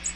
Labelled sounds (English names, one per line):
American Redstart flight call